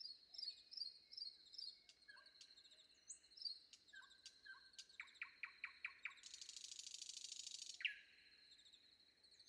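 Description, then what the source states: Nightingale song with varied phrases: high twittering notes, low flat whistles, a fast series of sharp repeated notes, then a long dry buzz ending in a bright note. Recorded before dawn.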